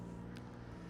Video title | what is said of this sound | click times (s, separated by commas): Is This the Best Electric Lawn Mower? 🌱 EGO 21-Inch Self-Propelled Review & Test! | slides in, and clicks into place. | 0.4 s